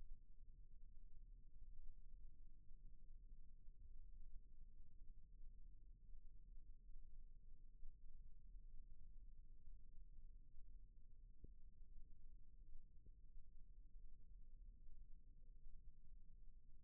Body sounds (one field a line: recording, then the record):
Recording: forearm muscle sounds (acoustic myography)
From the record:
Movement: rest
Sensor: system 1, eight BSWA MPA416 microphones around the upper forearm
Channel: 6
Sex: male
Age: 23 years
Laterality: right